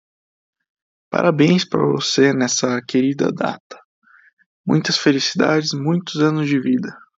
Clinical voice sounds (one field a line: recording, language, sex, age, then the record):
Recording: short text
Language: Brazilian Portuguese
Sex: male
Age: 18 to 19 years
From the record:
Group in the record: control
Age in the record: 18 years